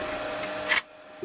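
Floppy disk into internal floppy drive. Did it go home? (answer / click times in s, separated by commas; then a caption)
no / none. A floppy disk is being pushed into an internal floppy drive. A steady broadband hiss runs to about 0.8 s, with a brief bright scraping burst around 0.7–0.8 s, then it falls quiet except for a soft low thump near 1.2 s. Nothing has seated or clicked yet.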